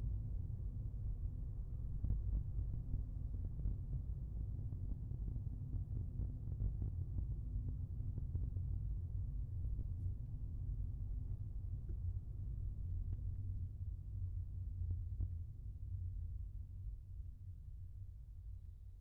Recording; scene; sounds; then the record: everyday scene through a hearing-aid microphone; in a vehicle; engine, rumble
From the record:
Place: Skoda Fabia, gasoline engine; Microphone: behind the ear, left, rear